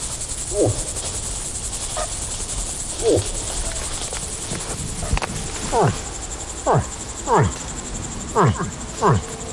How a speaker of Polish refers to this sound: Byki, łosie wydają odgłos zwany takim stękaniem, buczeniem.